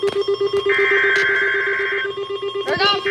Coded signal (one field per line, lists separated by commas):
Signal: Emergency Alert System (SAME) tones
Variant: header bursts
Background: speech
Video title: LATE UPLOAD Severe Thunderstorm Watch EAS#63